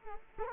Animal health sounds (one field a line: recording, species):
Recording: mosquito wingbeat signal from an infrared sensor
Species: Culex quinquefasciatus